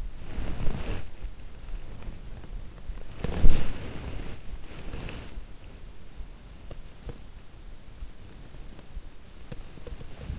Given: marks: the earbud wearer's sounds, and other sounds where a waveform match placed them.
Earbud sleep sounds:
sounds in sleep by an in-ear microphone; body movement, teeth grinding
0.00-5.50 s: body movement
6.48-7.40 s: teeth grinding
9.17-10.39 s: teeth grinding

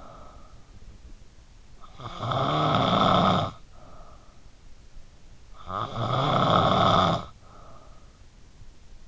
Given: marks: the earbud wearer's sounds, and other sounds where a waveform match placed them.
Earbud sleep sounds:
sounds in sleep by an in-ear microphone; snoring breath
0.00-9.08 s: snoring breath

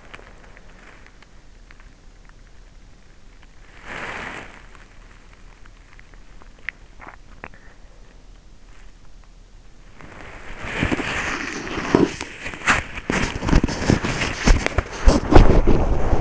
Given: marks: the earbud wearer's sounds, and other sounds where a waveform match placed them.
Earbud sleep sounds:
sounds in sleep by an in-ear microphone; body movement, teeth grinding
0.00-5.85 s: body movement
6.32-7.84 s: teeth grinding
9.32-16.21 s: body movement

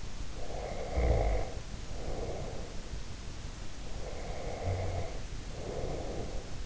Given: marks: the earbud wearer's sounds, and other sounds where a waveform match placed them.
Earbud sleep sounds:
sounds in sleep by an in-ear microphone; snoring breath, breath
0.32-2.95 s: snoring breath
3.90-6.66 s: breath

